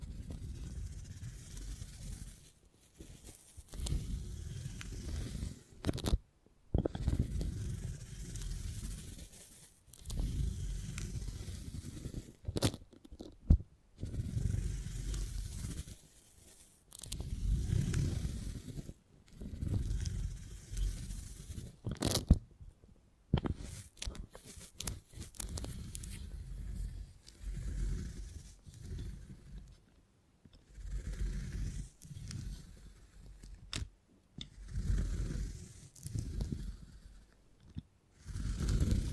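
Beeswax is handled in soft, low rubbing and squishing strokes that come in bursts of a second or two, separated by brief silences. Sharp clicks and crackles punctuate the sequence every few seconds, and the texture stays dense and muffled throughout.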